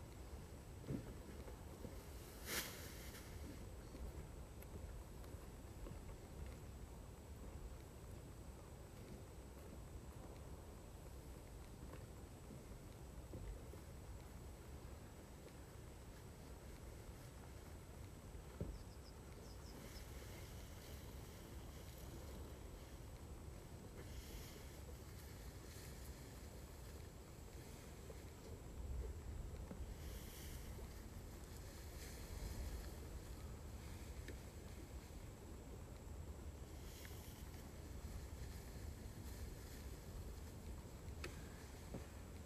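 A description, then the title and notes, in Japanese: A binder works through a rice harvest with a steady low engine drone that holds for the whole stretch. Brief bright rustling bursts and clicks break through now and then, near the start and more often in the second half. バインダーで稲刈り、ハザ掛け。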